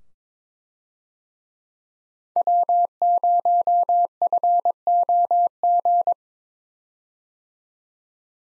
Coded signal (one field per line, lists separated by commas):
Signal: Morse code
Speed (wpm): 22 wpm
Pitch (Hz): 700 Hz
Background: none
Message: W0FOG